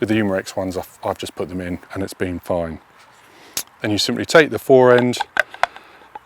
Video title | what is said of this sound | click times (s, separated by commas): The Umarex 850 M2 Empire Kit air rifle review | reattach that, clicks into place, nice and solid on there, | 5.6 s